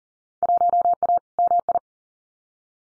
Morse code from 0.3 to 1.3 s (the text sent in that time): 1A